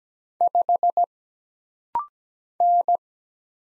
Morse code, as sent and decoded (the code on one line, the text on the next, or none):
..... / -.
5 N